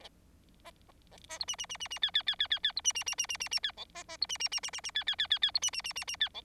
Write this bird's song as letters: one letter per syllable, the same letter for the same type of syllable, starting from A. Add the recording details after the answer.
A A A A B C C C C C D D D D D D B C C C C C C C D E A A B C C C C C C D D D D D B C C C C C D E. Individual Bird4